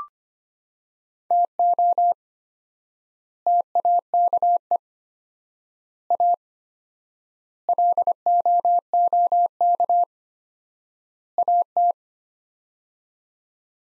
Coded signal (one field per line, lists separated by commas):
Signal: Morse code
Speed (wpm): 25 wpm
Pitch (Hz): 700 Hz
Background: none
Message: TO TAKE A LOOK AT